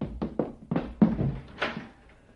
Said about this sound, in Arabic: هذا غير معقول. أكلما جلسنا لتحكي لي حكاية هامة يهاجمنا الضيوف. طيب طيب طيب، انتظر يا من تطرق الباب.